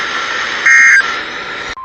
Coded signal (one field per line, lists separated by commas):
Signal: Emergency Alert System (SAME) tones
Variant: end-of-message bursts